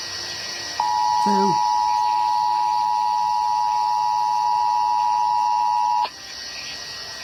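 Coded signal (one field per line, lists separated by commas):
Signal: Emergency Alert System (SAME) tones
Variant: 853 and 960 Hz attention tone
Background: speech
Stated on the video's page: Required monthly test relayed by Washington DC area radio and TV stations, received on one radio.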